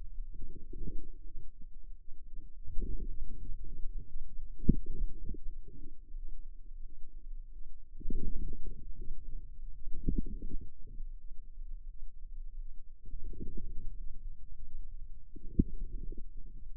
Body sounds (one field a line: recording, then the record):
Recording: forearm muscle sounds (acoustic myography)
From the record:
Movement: inward rotation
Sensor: system 2, bracelet of six BSWA MPA416 microphones around the upper forearm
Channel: 3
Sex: female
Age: 23 years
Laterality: right